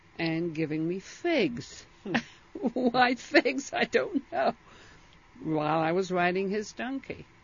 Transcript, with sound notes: and giving me figs. ( she laughs ) Why figs, I don't know, while I was riding his donkey.